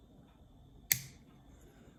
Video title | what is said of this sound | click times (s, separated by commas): How to remove a cigarette lighter on a Corsa | you'll hear it click in. That's it, they're locked in now. | 0.9 s